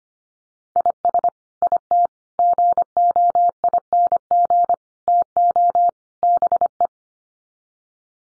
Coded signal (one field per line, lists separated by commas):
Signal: Morse code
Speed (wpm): 25 wpm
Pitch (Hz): 700 Hz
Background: none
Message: IS IT GOING TO BE